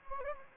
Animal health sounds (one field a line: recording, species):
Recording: mosquito wingbeat signal from an infrared sensor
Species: Anopheles gambiae